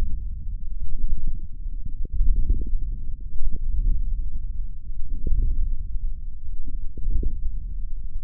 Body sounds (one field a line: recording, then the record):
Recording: forearm muscle sounds (acoustic myography)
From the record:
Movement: wrist flexion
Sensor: system 1, eight BSWA MPA416 microphones around the upper forearm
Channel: 8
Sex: male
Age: 42 years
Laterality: right